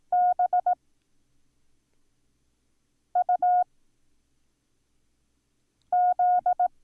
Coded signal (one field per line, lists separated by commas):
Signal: Morse code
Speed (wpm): 18 wpm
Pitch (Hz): 720 Hz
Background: none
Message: BUZ